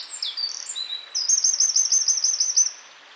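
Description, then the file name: Eurasian wren song: several quick high whistled phrases stepping up and down, followed by a fast, even trill of sharp repeated notes that stops suddenly. "Troglodytes troglodytes"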